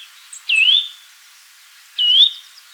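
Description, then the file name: Eurasian nuthatch giving two clear, falling-then-rising whistled notes about one and a half seconds apart, with a quiet background. "Sitta europaea"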